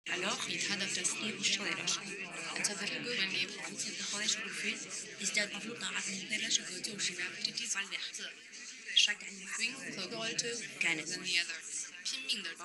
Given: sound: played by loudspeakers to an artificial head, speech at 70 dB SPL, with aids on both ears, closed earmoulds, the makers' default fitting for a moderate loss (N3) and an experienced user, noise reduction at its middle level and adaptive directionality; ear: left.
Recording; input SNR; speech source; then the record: speech test signal (ISTS) in cocktail-party noise; 0 dB; in front (0 degrees)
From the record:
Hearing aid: class 1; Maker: J